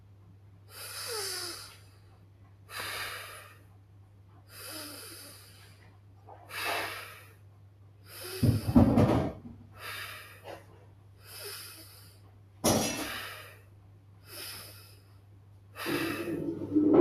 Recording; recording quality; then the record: deep breathing; excellent, no background noise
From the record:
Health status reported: healthy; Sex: male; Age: 21 years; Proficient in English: yes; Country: India